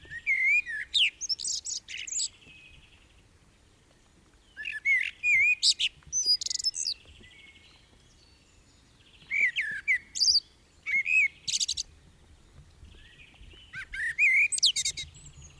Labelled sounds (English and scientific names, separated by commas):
Common Blackbird (Turdus merula) song